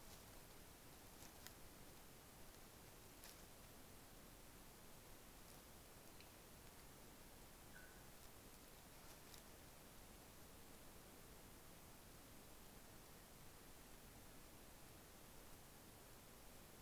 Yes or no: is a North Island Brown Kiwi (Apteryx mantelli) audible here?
no